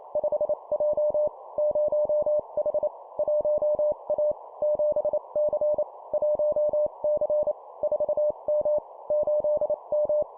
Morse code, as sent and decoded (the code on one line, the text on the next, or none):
..... .--- / ----- .... / .---- .- / --... -.-. / .---- -.-. / ....- -- / ---.. --
5J 0H 1A 7C 1C 4M 8M